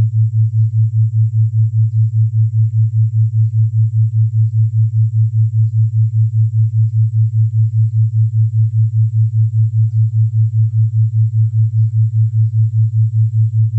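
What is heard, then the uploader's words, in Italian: A steady low binaural tone hums near 110 Hz, pulsing in a smooth, even throb about five times per second, with a faint thin high whine above. ONDE THETA 5Hz + SUONI BINAURALI. Suoni Binaurali Onde Theta a 5Hz.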